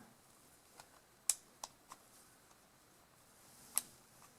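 A small brass jet screw is set into a Honda-style small engine carburetor body and turned counter-clockwise with a screwdriver, with faint ticks and a sharp tick at 1.3 s, so its thread start can drop into the mating thread without cross-threading. At 3.8 s a sharp, bright click marks the threads dropping into engagement, and the screw is seated.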